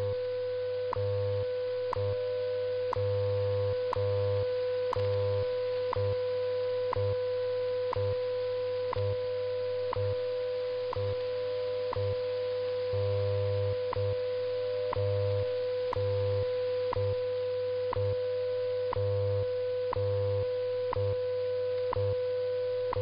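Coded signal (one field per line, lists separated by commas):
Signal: radio time signal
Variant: WWV/WWVH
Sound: steady 500 Hz tone with a short tick every second over a low hum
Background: radio static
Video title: 20 minutes of WWV and WWVH on 10MHz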